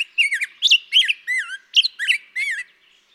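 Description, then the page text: Black-headed grosbeak song phrase: seven or eight bright, slurred whistled notes in quick succession, separated by short gaps. Daytime singing, second example; May 17, 2016, Mt. Graham, Arizona. "Birdsong for the Curious Naturalist. Black-headed grosbeak"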